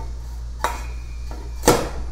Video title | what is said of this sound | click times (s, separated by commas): DIY Wall Mounted Cable Machine | and it pops right in | 0.6 s, 1.7 s